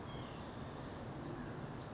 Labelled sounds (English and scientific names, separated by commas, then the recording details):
White-breasted Nuthatch (Sitta carolinensis)
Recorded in Sonoma County, California